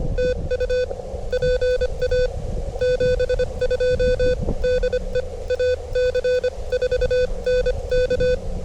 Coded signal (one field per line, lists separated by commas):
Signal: Morse code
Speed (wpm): 22 wpm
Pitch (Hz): 500 Hz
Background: none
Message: TU PA 72 DE AC4NK